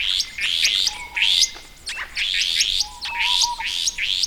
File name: Myiagra Inquieta